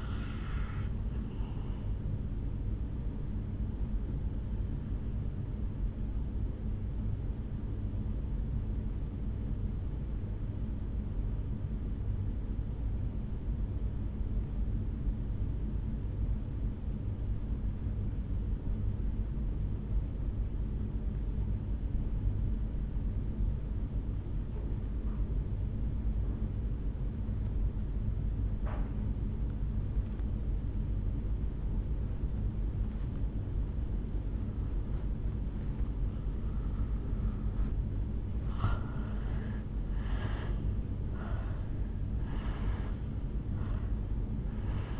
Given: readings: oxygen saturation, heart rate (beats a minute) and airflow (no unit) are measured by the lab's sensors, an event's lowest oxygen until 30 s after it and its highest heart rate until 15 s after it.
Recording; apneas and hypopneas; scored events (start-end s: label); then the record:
breathing in sleep by a smartphone at the bedside; 1
8.00-38.50 s: obstructive apnea (N2, oxygen 97% highest, then 79% lowest, heart rate 52 at the start, 73 highest)
From the record:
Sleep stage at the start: N2 (light sleep); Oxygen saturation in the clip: 83 to 97%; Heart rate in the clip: 52 to 73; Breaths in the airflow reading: 5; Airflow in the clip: -11.4 to 6.0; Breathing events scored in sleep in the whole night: 449 in 7.0 hours asleep